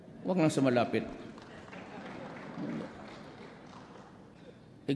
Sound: laughter